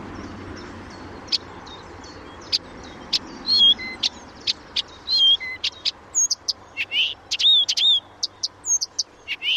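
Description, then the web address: Blyth's reed warbler singing sharp, dry ticks spaced irregularly, mixed with short slurred whistles and looping phrases that grow denser toward the end. "didier collin rousserolle des buissons"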